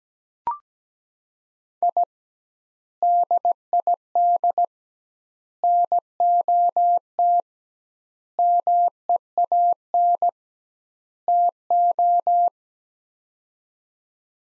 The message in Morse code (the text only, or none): I DID NOT MEAN TO